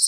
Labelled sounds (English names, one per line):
Worm-eating Warbler flight call